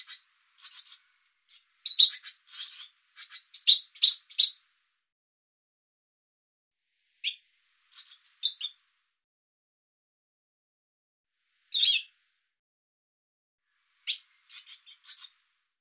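Barn swallow twittering: bursts of short, scratchy, clicking chirps in quick clusters, then sparse single chirps and short groups spaced a few seconds apart with silence between.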